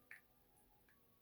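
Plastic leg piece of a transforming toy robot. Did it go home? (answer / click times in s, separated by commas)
no / none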